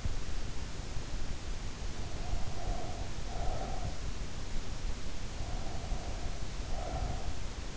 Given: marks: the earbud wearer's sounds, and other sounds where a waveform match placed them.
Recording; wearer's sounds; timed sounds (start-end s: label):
sounds in sleep by an in-ear microphone; breath
2.01-4.23 s: breath
5.42-7.41 s: breath